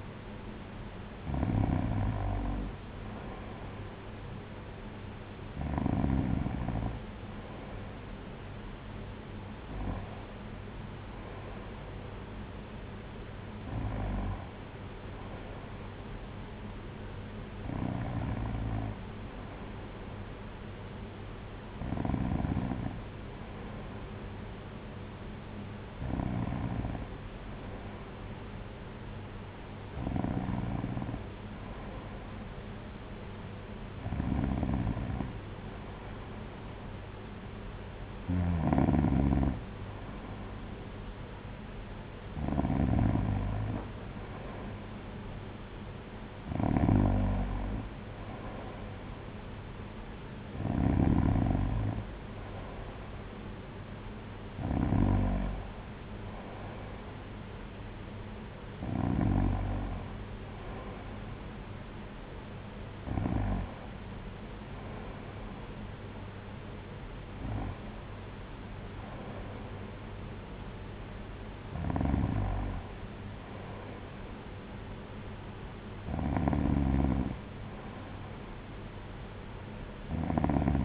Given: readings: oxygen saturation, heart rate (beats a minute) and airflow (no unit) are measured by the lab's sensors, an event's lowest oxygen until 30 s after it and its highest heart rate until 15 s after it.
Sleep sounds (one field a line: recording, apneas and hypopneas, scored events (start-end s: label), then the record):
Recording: breathing in sleep by a voice recorder at the bedside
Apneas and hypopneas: none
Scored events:
25.00-80.84 s: new sleep stage, N2 (light sleep)
From the record:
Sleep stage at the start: N1 (lightest sleep)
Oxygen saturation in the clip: 93 to 94%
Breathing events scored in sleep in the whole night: 226 in 8.8 hours asleep